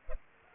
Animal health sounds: mosquito wingbeat signal from an infrared sensor; Culex pipiens

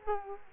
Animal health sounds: mosquito wingbeat signal from an infrared sensor; Culex quinquefasciatus

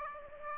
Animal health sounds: mosquito wingbeat signal from an infrared sensor; Aedes aegypti

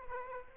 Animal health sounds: mosquito wingbeat signal from an infrared sensor; Aedes aegypti

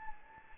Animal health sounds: mosquito wingbeat signal from an infrared sensor; Anopheles gambiae

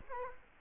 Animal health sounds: mosquito wingbeat signal from an infrared sensor; Culex quinquefasciatus

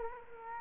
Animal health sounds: mosquito wingbeat signal from an infrared sensor; Culex quinquefasciatus

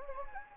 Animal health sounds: mosquito wingbeat signal from an infrared sensor; Anopheles gambiae

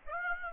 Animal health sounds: mosquito wingbeat signal from an infrared sensor; Aedes aegypti

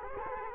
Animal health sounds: mosquito wingbeat signal from an infrared sensor; Culex quinquefasciatus

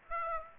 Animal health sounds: mosquito wingbeat signal from an infrared sensor; Aedes aegypti

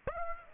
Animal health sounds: mosquito wingbeat signal from an infrared sensor; Aedes aegypti

